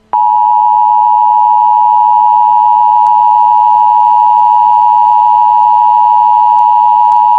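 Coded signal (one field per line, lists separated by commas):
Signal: Emergency Alert System (SAME) tones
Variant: 853 and 960 Hz attention tone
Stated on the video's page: Fictional EAS scenario themed on Super Mario Bros.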